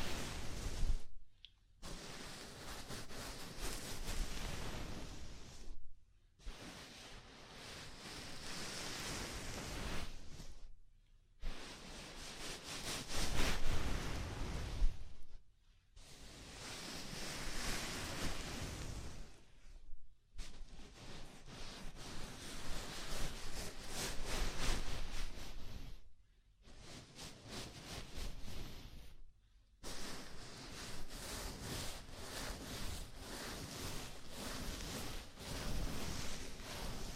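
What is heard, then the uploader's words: Dense rubbing of a scalp massage comes in surging, hissing bursts of several seconds, broken by brief silent pauses throughout. ASMR Sleepy Scalp Massage (No Talking).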